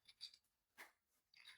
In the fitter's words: You got to hear that click, y'all.